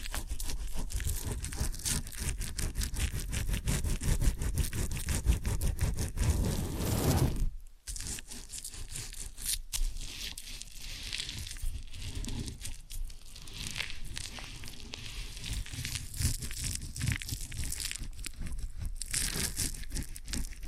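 Ear and scalp massage with dense, close rubbing and scratching that fills the sound from low rumble to bright crackle. Near 7.5 seconds the rubbing stops for a moment, then resumes softer and lighter, with uneven crinkly strokes and small bursts continuing to the end.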